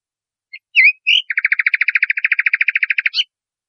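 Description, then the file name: Nightingale song opening with short chirps and an upslurred whistle, then a buzzy, rapid trill running for about two seconds. Masteran recording, made for training caged songbirds. "suara masteran nightingale"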